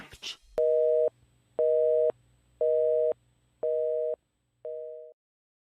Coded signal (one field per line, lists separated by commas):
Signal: telephone call progress tone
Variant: North America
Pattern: busy tone